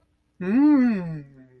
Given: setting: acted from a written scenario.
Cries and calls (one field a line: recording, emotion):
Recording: vocal sound without words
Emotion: interest